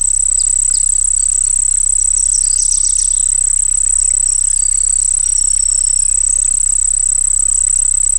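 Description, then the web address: Cricket song, a continuous shrill pulsed trill, with a short burst of brighter chirps early on and a steady low hum underneath. Crickets singing by a pond. "Dr Sound Effects. Crickets Singing By a Pond"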